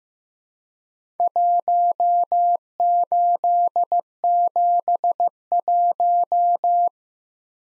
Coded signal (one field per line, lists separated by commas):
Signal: Morse code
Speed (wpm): 15 wpm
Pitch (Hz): 700 Hz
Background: none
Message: 1871